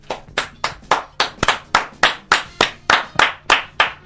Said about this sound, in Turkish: Hepinizden özür diliyorum bu alkışlar için.